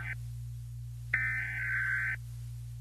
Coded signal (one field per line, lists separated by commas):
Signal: Emergency Alert System (SAME) tones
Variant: header bursts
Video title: eas mock: deadly fireworks